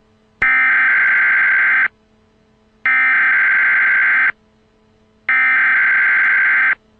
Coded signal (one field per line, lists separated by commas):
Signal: Emergency Alert System (SAME) tones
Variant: header bursts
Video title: Emergency Alert System - Severe thunderstorm warning in Maryland and Delaware